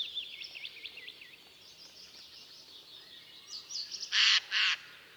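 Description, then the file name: Eurasian jay giving two loud, harsh, rasping screeches near the end, after a stretch of other birds' varied twittering and whistled song. "Garrulus glandarius"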